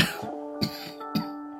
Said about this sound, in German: Dein Husten hört sich aber gar nicht gut an.